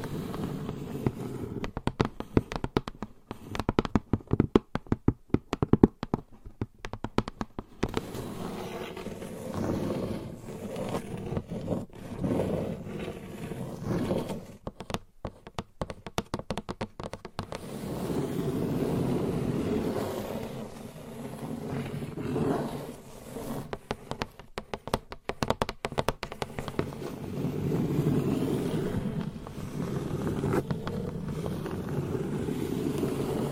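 Long nails tap and scratch on hollow boxes, with rapid clusters of sharp clicks from about 2 to 8 seconds, 14 to 18, and again near 24 to 27. Between bursts, slower scraping leaves a low, rumbling hollow resonance that swells and fades.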